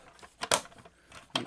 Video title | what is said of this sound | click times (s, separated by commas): Transformers WFC Kingdom Commander Class RODIMUS PRIME toy review | again i hit a click two clicks and i still got this split | 0.5 s, 1.4 s